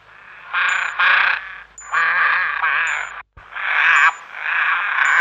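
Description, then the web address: Hoarse crow caws in uneven bursts, several harsh notes strung together, broken once by a short moment of silence before the rasping calls resume. "Kraehe"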